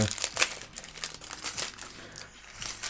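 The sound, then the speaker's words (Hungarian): Plastic bags on a sofa crinkle and rustle in irregular bursts as Oberon, a pet lying on them, shifts its weight, a crisp, hissy crackle that rises and fades over a few seconds. “Csak mindig is, ahogy mondtam, imád a zacskókon lenni, és most is ott fekszik a meglévő zacskókon.”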